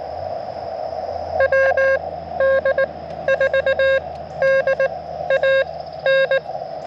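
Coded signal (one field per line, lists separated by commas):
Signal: Morse code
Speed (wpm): 19 wpm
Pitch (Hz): 1600 Hz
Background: none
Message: WD4DAN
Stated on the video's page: QRP CW Parks on the Air activation from a national forest, Elecraft KX2 with KXPD2 paddle and MC-750 antenna.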